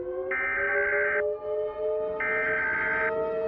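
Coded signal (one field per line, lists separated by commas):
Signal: Emergency Alert System (SAME) tones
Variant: header bursts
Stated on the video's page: Fictional EAS scenario, simulated TV station alert.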